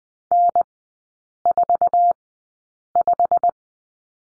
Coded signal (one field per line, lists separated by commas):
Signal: Morse code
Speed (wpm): 20 wpm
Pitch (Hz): 700 Hz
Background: none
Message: N45